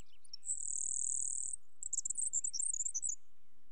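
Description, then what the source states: Grasshopper Sparrow song: a few thin introductory ticks, then a long, very high insect-like buzz followed by a rapid jumbled sputter of high notes. Song so buzzy it is easily mistaken for an insect.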